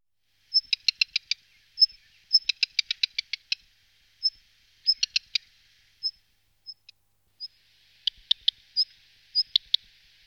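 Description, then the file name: Black redstart giving thin high whistled notes, several of them followed by quick runs of dry ticking clicks, over a quiet background. "phoenicurus ochruros"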